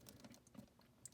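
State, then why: Seated. A plastic shoulder guard peg for a Mythic Legions Advent of Decay Cavern Dwarf Legion Builder action figure is worked, with a little moving, into the hole on the back of the figure, giving a series of light, quick ticks and scrapes. At 1.1 s a sharp, bright click sounds as the peg pops into the hole and seats.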